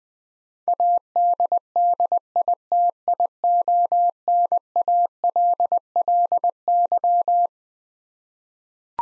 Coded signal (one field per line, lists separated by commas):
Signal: Morse code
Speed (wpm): 21 wpm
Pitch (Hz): 700 Hz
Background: none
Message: ADDITIONALLY